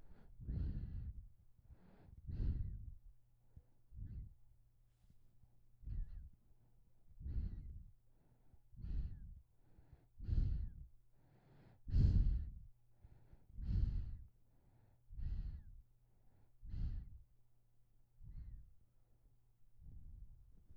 Baby breathing sound.